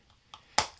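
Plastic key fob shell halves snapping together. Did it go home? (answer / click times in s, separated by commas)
yes / 0.3 s, 0.6 s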